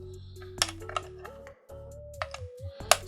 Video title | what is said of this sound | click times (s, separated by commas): Ghostbusters Afterlife Proton Blaster MOD review! Brand new Hasbro Ghost Biustin' Wand for kids!!! | snap that into place ah there we go just | 2.9 s